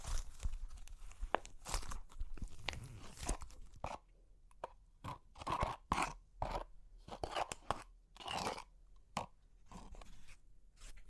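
Super crunchy clay cracking in a run of sharp, brittle crunches and snaps, dense and overlapping for the first four seconds. After that the crunches come as separate bursts about every half second, some with a gritty crumbling tail, with short quiet gaps between.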